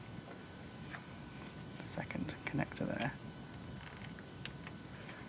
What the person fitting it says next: a little tiny click and that's our power plugged in